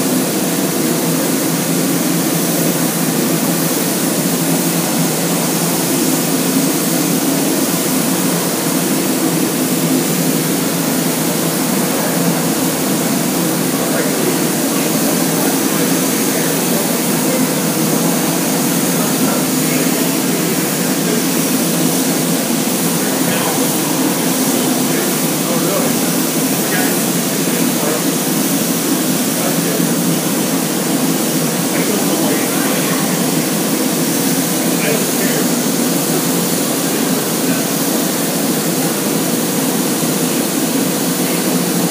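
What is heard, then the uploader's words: A steam cleaner runs without pause at the gum wall, a dense, steady hiss and rumble that barely changes in level. A faint hum holds underneath, and scattered short ticks and clicks poke through the noise, with traces of voices in the background. Seattle Gum Wall Cleaning at Pike Place Market. Steam cleaning of Seattle's famous gum wall.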